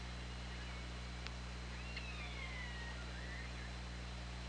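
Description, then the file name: Killer whale calls, faint drawn-out tones sweeping down and then gently rising, with a sharp click near the start, over constant low hum and hiss. Picked up underwater by an OrcaLab hydrophone on 24 August 2017, at about 20:37. "Orca Lab UTLN JASON 20170824 203750"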